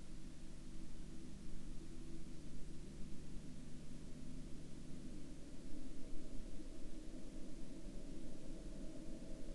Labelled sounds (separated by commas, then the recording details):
aircraft
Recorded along the Dempster Highway, Canada, on 5 September 2019 at 21:23
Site 23